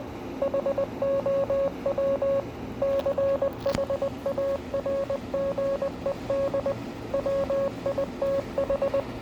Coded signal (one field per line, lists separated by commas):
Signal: Morse code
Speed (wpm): 20 wpm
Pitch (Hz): 550 Hz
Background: none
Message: HOW CHARGED WITH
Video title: Invictus in morse code